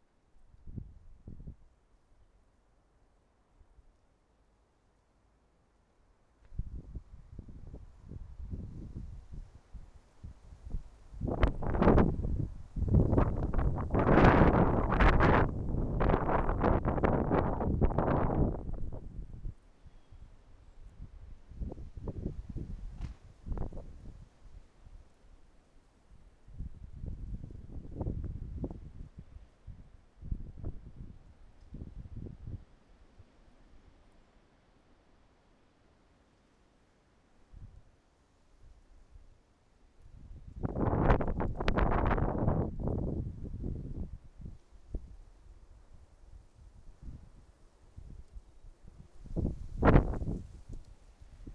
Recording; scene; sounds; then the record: everyday scene through a hearing-aid microphone; wind on the microphone; wind, traffic, birds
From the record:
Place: suburban garden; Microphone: behind the ear, right, front